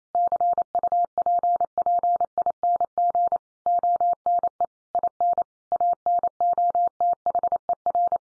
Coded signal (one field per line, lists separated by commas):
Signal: Morse code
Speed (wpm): 28 wpm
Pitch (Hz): 700 Hz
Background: none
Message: CUPPING ONE IN ANOTHER